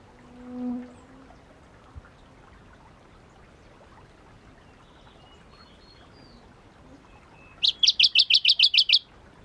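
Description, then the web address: Shrub frog: after several seconds of quiet with a faint low tone, a quick series of about nine crisp, high clicking pulses. Recorded at Kuda on 28 June 2012. "June 28 2012 Phfuscatus Kuda"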